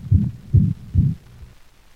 Mitral insufficiency. The holosystolic murmur is so loud and prolonged that the second heart sound is obliterated, giving the impression of only one prolonged sound.